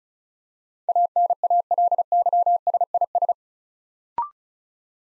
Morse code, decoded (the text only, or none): ANALYSIS